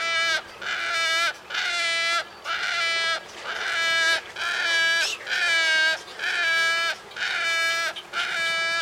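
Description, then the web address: Wood stork calls: loud nasal, bleating notes each lasting close to a second, repeated about once per second with brief pauses between. "sound Wood-stork. صدای-لک-لک-جنگلی"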